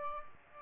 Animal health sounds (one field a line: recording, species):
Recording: mosquito wingbeat signal from an infrared sensor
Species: Aedes aegypti